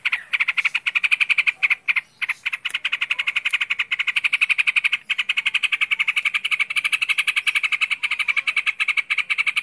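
Bird chattering song, a long run of rapid, harsh, evenly spaced notes, continuing with few breaks for nearly ten seconds.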